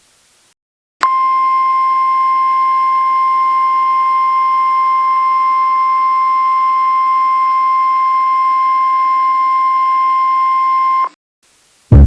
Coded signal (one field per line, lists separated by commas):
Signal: Emergency Alert System (SAME) tones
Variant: 1050 Hz attention tone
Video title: Lunar Disruption | EAS Scenario #6